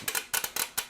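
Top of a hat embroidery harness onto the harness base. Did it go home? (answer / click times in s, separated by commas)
yes / 0.1 s, 0.2 s, 0.4 s, 0.6 s, 0.8 s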